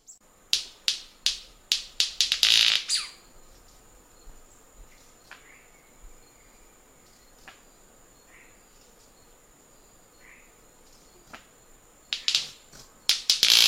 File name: Canto da rendeira